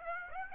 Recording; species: mosquito wingbeat signal from an infrared sensor; Aedes aegypti